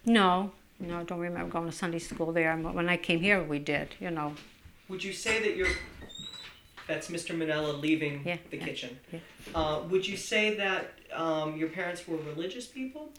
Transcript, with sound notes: No, I don't remember going to Sunday school there. When I came here we did, you know.
Would you say that your... ( sound of door opening and closing ) That's Mr. Manella leaving the kitchen. Would you say that your parents were religious people?